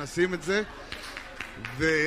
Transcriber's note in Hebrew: מחיאות כפים